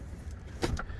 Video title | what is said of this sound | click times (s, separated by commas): 2022 VW Atlas 3.6 SEL Premium R-Line 4Motion 🔥🔥🔥🔥🔥🔥 | That seat folds flat and locks in place like that. | 0.8 s